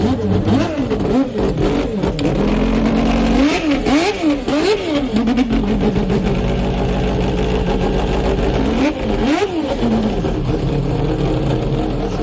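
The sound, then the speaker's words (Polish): The Mazda race car with a Wankel rotary engine that won the 24-hour Le Mans race in 1991 howls loudly, its pitch sweeping up and down in repeated quick revs over a steady engine drone, with no voices. “Na pamiątkę zasług pana Yamamoto to posłuchajmy, jak pięknie brzmiał silnik tego właśnie samochodu.”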